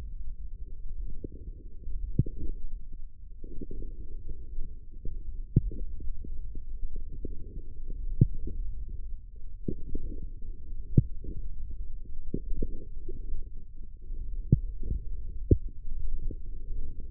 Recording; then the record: forearm muscle sounds (acoustic myography)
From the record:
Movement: forearm pronation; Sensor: system 1, eight BSWA MPA416 microphones around the upper forearm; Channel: 6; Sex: male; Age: 20 years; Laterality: left